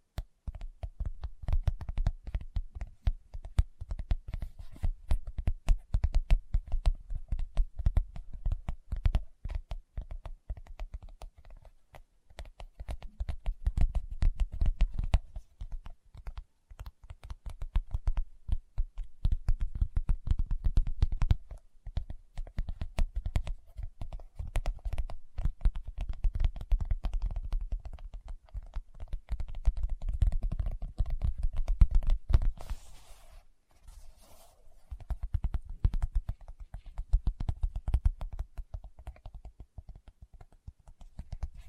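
Fingertips tap rapidly and continuously in dense, uneven bursts that sound much like clattering keyboard typing. Each tap is a short, dull click with a soft low thump. The tapping pauses briefly around 12 seconds and again near 33 seconds before resuming.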